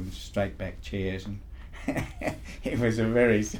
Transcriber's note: laughs